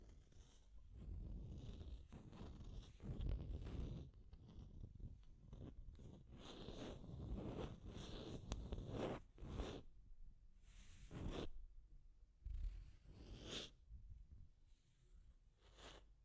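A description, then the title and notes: Deep scratching, a dense, rough rasping that runs almost the whole time in uneven bursts, heaviest in the lows with brighter scrapes riding on top. Sharper strokes cut through around 6, 9–11 and 13–14 seconds, and the rhythm stays irregular throughout. Deep Scratching. (No Talking).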